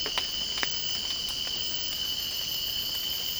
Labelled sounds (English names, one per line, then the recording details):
none
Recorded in secondary vegetation near Puerto Asís, Putumayo, Colombia, on 19 March 2025 at 04:00
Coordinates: 0.502, -76.326
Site G100